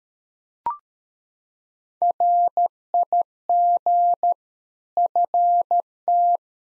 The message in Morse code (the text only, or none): RIG FT